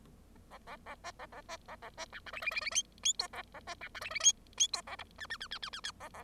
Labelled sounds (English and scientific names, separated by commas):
Bengalese Finch (Lonchura striata domestica) song